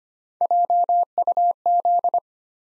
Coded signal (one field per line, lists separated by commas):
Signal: Morse code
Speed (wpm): 25 wpm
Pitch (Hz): 700 Hz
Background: none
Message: JUZ